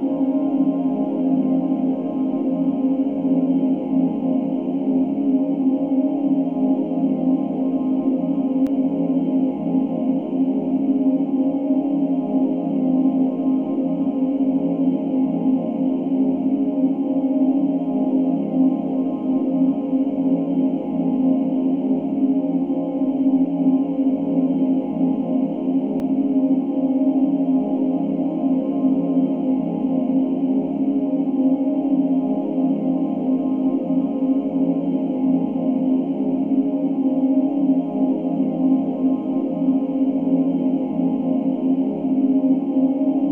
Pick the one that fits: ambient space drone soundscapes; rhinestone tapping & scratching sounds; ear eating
ambient space drone soundscapes